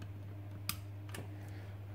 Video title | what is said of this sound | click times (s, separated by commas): SMART UPS 1500 BATTERY REPLACEMENT | should hear them click that means that they clicked home | 0.7 s